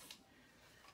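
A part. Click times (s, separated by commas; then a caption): 0.1 s. A black release button on a plastic adapter is squeezed and the adapter is slid off a pram chassis in twin mode. A short click at 0.1 s marks its release, followed by quiet handling noise. The adapter comes free of the chassis.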